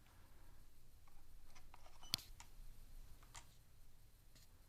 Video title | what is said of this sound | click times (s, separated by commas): Traxxas Aton 2 Axis Camera Gimbal | by sliding across and the locks into place | 2.1 s